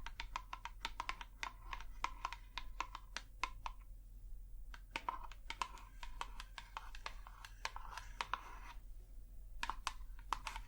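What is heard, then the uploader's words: Crisp fingernail tapping in quick irregular bursts with brief pauses near four and nine seconds, over a low steady hum. ASMR Tapping To Make You Sleep & Relax Long Nails, No Talking.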